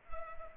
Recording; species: mosquito wingbeat signal from an infrared sensor; Culex pipiens